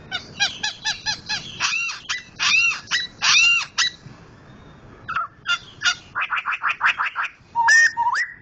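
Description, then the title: White-crested laughingthrush song of loud, harsh chattering bursts in quick runs, a short pause, then more rapid cackling notes ending in upslurred whistles. Sumatran form, loud-voiced, a national-level contest champion. "Poksay Hongkong gacor mantab (Gathutkaca)"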